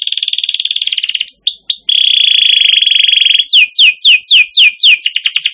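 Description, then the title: Atlantic canary song opening with a rapid pulsed trill, a few rising whistles, a steady rolling trill, then a run of descending sweeps and fast chirps. Long, very lively canary song used as a lure and tutor song (masteran) for wild canaries. "Pikat Kenari GACOR PANJANG INI Cocok Untuk Masteran KENARI LIAR"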